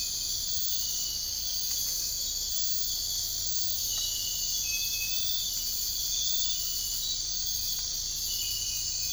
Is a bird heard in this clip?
no